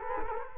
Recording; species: mosquito wingbeat signal from an infrared sensor; Culex quinquefasciatus